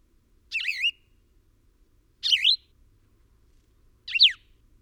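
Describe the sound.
Bird calls: three squeaky chirps nearly two seconds apart, the first two warbled and wavering, the last sharply falling.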